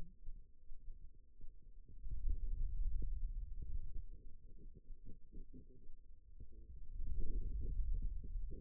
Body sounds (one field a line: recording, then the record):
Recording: forearm muscle sounds (acoustic myography)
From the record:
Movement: pen grasping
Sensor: system 2, bracelet of six BSWA MPA416 microphones around the upper forearm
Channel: 3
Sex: male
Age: 22 years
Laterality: right